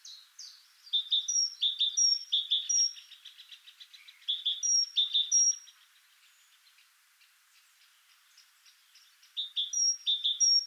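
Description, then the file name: Great tit calls: short high notes in paired bursts mixed with thin high whistles, repeated over several seconds with a pause midway. "Parus major"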